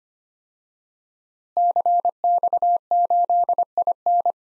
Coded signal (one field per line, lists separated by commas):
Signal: Morse code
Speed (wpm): 25 wpm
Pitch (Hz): 700 Hz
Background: none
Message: CX8IN